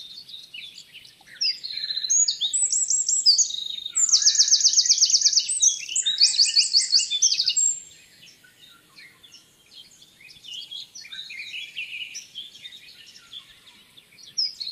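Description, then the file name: Eurasian wren song, an explosive burst of high twittering notes and hard rattling trills lasting several seconds, followed by softer twittering. "Troglodytes troglodytes"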